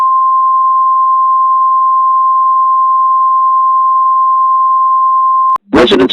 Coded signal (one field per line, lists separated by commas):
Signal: Emergency Alert System (SAME) tones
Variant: 1050 Hz attention tone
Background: speech